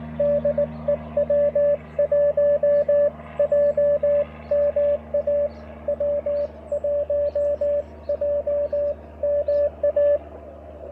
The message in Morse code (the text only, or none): DE W1JMA W1JMA